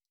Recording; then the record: hydrophone in a shrimp aquaculture tank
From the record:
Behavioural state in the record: stressed